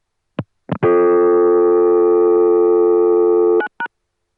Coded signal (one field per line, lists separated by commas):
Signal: telephone call progress tone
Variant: North America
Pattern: dial tone